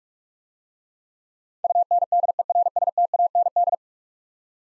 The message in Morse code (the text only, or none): UNDERSTAND